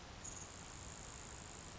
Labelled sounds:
Grasshopper Sparrow
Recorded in Sonoma County, California

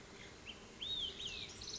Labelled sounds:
Olive-sided Flycatcher
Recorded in Sonoma County, California

